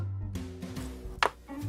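A plastic part from a Bandai 1/144 Real Grade XXXG-01W Wing Gundam EW model kit is pressed into its socket, giving a sharp, loud click at 1.2 s over music playing underneath. The part does not feel seated all the way and may need to be glued.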